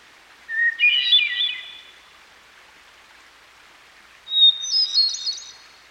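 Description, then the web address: Hermit Thrush song: two flute-like phrases, each opening on a clear held whistle, the second pitched higher, with soft background hiss. Recorded by a stream. "Dan Gibson Songbirds By The Stream. Hermit Thrush"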